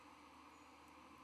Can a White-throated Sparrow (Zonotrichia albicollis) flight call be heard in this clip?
no